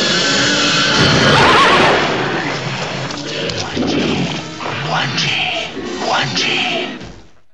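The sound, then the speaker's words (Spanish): A horse whinnies in the film The Valley of Wanji amid a loud, chaotic jumble of crashing noise and other animal cries, including a monkey, a lion and the creature Guanji, with high wavering calls rising and falling before the din fades out. “Yo he detectado mono, caballo, león y Guanji.”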